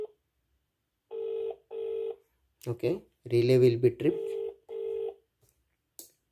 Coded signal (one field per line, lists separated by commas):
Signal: telephone call progress tone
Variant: UK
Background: speech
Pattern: ringback tone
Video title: Phone Call / Switch Based Agriculture Pump ON/OFF Control & SMS Notification Using Raspberry Pi Pico